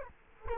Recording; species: mosquito wingbeat signal from an infrared sensor; Culex quinquefasciatus